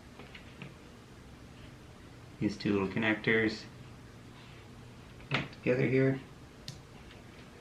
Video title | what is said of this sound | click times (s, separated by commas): Comgrow Robo CNC/Laser Combo: Unboxing, Assembly, and First Tests | very satisfying little click to it | 6.7 s